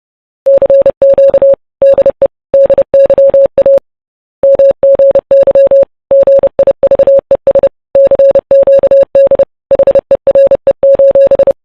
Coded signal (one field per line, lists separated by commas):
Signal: Morse code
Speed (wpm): 30 wpm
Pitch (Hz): 550 Hz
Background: music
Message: CQ DE DYA MGY GIVES CQD HERE: